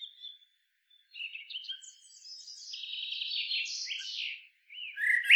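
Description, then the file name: Common blackbird giving a run of high, scratchy twittering and chattering notes that swells in the middle and ends with a louder squeaky burst. "Turdus merula"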